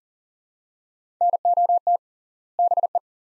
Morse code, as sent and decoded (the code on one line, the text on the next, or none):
-. --- - / -... .
NOT BE